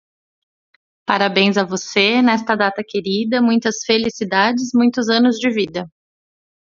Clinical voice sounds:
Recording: short text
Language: Brazilian Portuguese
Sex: female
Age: 30 to 39 years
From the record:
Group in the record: control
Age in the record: 39 years

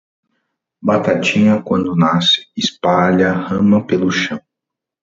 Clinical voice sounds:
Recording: short text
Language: Brazilian Portuguese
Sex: male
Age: 30 to 39 years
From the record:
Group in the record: control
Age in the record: 35 years

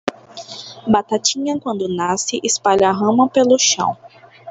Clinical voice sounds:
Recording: short text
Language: Brazilian Portuguese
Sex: female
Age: 30 to 39 years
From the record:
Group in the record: control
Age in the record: 30 years

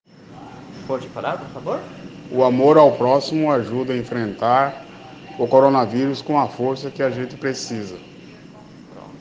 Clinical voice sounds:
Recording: spoken sentence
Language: Brazilian Portuguese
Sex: male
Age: 60 to 69 years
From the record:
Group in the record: respiratory insufficiency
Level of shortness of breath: 5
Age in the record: 68 years

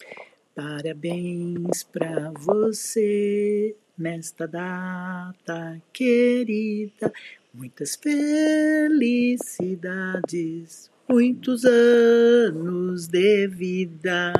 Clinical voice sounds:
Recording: short text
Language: Brazilian Portuguese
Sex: female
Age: 60 to 69 years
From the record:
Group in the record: control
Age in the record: 67 years

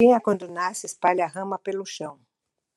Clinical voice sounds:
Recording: short text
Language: Brazilian Portuguese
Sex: female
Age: 60 to 69 years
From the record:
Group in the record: control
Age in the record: 61 years

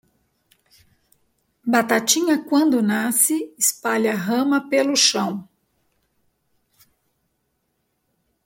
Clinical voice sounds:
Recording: short text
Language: Brazilian Portuguese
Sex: female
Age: 50 to 59 years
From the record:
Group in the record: control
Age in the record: 53 years

